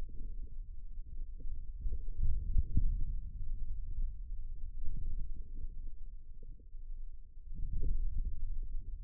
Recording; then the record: forearm muscle sounds (acoustic myography)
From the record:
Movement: hand closing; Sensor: system 2, bracelet of six BSWA MPA416 microphones around the upper forearm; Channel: 4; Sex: male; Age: 22 years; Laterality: right